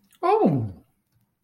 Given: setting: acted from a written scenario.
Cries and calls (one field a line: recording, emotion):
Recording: vocal sound without words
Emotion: positive surprise